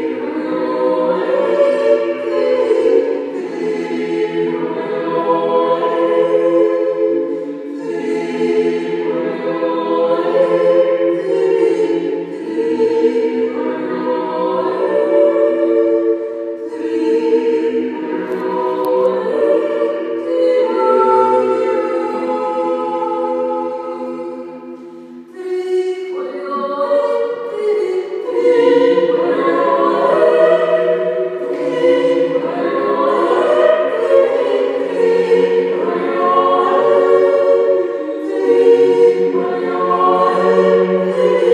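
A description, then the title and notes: Rebel yodeling in the stairwell: a voice sings continuously for the whole stretch, leaping between low chest tones and higher breaks in quick melodic runs. The singing is dense and steady in loudness, with one brief dip near twenty-five seconds before it resumes strongly. Unauthorized Improptu Yodeling. Rebel yodeling in the stairwell.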